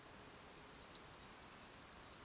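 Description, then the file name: Eurasian blue tit song, one high thin opening note followed by a rapid trill of more than a dozen bright, evenly spaced notes. "Cyanistes caeruleus"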